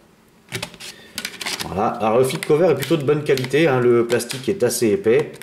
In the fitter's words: on sent que c'est robuste, ça se clipse bien. Voilà, c'est fait.